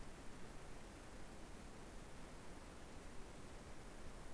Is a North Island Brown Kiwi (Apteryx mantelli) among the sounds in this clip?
no